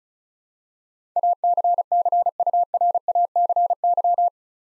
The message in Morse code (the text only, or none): ACCURACY